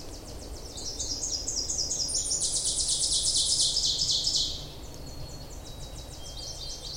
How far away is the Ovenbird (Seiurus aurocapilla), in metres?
about 20 m